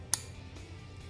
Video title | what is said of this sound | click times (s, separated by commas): Let’s figure this out! I’m determined to make a folding knife 😠 | you apply pressure to pull the blade out you hear a little snap | 0.1 s